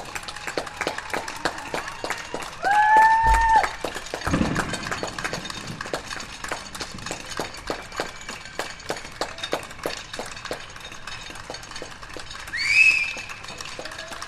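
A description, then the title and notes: Neighbours clap outdoors in dense, steady scattered applause, with whistles cutting through near three and thirteen seconds and a brief shout around four. Field recording of our neighbourhood taking part in #clapforourcarers. This was the second such event of the covid-19 UK lockdown. Gear: Sony PCM-M10 Clippy Stereo EM172 microphones.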